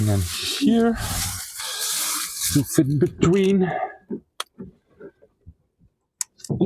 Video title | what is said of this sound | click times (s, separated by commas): Fixing a Broken Parking Sensor & Replacing the Cabin Filter - Project Volvo V50 | It didn't snap yet. | none